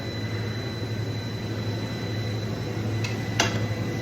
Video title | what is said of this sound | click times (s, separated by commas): Haas CNC - VF6 • 4th Axis - Crash Course • Multiple Positions - Complex\DieCast Part • Instructional | See, you hear that click | 3.4 s